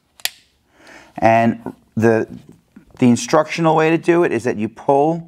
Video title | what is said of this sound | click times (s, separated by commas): HOW TO USE A GLOCK FOR BEGINNERS - GLOCK PISTOL TUTORIAL AND ORIENTATION - Five Elements Tactical | you would take your magazine a loaded magazine you insert the magazine till it clicks | 0.2 s